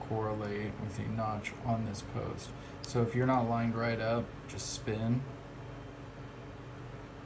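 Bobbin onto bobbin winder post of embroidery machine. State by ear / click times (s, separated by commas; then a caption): not seated / none. Someone talks while a bobbin is turned on the bobbin winder post of a Brother Skitch PP1 embroidery machine to line its notch up with the notch on the post, over a faint steady background noise. The bobbin has not clicked or seated onto the post yet.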